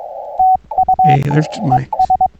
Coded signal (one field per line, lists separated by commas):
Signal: Morse code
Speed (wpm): 21 wpm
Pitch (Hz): 750 Hz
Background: speech, radio noise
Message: TU ES